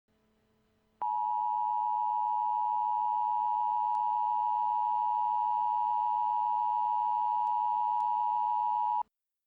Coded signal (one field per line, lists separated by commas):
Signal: Emergency Alert System (SAME) tones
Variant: 853 and 960 Hz attention tone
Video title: EAS: Civil Emergency Message for South Carolina